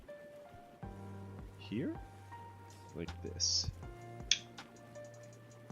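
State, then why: Seated. A cable connector is plugged into the PDU board of a Prusa Core One 3D printer's multi-material upgrade. Someone talks over light background music, and a sharp, loud click at 4.3 s shows the connector seating fully.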